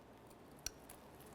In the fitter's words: there's a click i'm going to give it a tug to make sure it's completely secured and it will not fall off